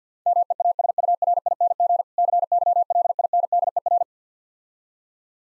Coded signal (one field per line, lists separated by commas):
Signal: Morse code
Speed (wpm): 50 wpm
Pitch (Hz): 700 Hz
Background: none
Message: MEASURING CYLINDER